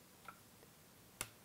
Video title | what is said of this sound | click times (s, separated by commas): SSD Upgrades MacBook Pro and MacPro | that snapped in perfect | 1.2 s